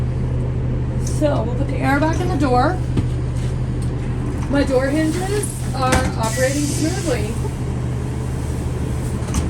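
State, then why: Seated. During a pre-trip inspection of an older transit bus, someone talks over a steady low idle hum while the air-operated rear door closes. Its latch clicks engaged at 9.3 s, and the door is confirmed seated with the indicator light green.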